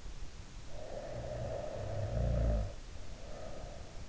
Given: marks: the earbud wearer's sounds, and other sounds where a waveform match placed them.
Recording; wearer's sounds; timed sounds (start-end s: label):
sounds in sleep by an in-ear microphone; snoring breath
0.57-4.04 s: snoring breath